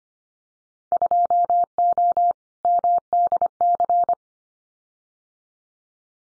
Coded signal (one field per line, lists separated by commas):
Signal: Morse code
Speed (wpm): 25 wpm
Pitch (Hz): 700 Hz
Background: none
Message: 2O MDC